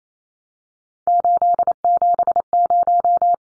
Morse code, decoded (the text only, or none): 870